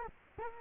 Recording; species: mosquito wingbeat signal from an infrared sensor; Culex quinquefasciatus